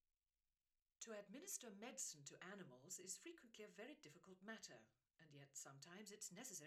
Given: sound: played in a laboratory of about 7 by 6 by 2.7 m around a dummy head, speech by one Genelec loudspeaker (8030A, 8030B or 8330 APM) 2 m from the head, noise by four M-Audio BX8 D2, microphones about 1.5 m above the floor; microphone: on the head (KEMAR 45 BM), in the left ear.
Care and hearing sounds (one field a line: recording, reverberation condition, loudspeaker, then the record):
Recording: female speech in English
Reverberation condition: low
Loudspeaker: 90 degrees to the left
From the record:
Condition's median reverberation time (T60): about 310 ms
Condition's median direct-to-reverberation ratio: about 3.5 dB